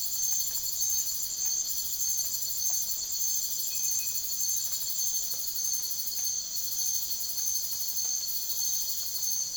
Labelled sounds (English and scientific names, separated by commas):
none